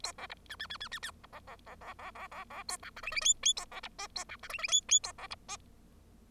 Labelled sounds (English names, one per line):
Bengalese Finch song